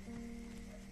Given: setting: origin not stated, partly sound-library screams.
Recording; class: one-second piece from a danger detection set; normal situation